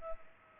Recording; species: mosquito wingbeat signal from an infrared sensor; Culex pipiens